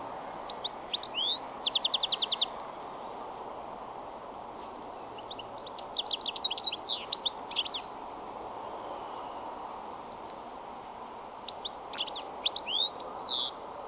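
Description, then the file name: European Goldfinch twittering calls, short high tinkling bursts with a brief buzzy trill, spaced by quieter gaps against a low steady hiss. "Carduelis carduelis"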